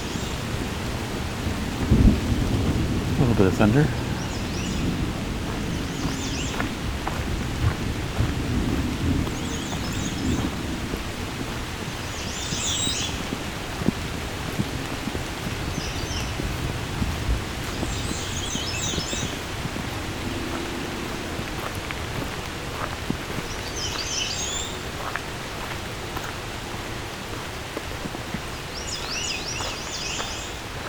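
Forest ambience in the Dundas Valley below the Niagara Escarpment. Short, bright bird chirps recur every few seconds throughout, over a steady low rumble and hiss that swells loudest in the first five seconds, then settles into an even background.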